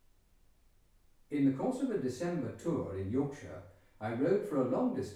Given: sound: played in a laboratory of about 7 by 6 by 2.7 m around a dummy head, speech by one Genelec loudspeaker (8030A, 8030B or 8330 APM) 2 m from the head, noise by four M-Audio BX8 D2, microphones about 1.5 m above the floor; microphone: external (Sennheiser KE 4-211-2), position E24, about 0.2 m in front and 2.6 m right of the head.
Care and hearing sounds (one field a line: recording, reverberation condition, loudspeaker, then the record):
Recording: male speech in English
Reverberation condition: medium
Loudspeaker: behind (180 degrees)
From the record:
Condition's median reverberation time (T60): about 510 ms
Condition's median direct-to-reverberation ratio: about -0.5 dB